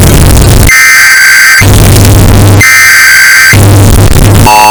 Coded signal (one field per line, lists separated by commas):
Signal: Emergency Alert System (SAME) tones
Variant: header bursts